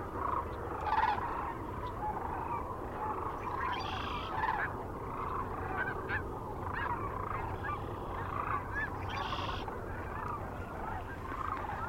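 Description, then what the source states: Sandhill Crane calls, rolling rattled bugles from many birds overlapping into a steady chorus, with a few louder individual calls rising above the mass. Recorded 9 March 2004 near Kearney, Nebraska.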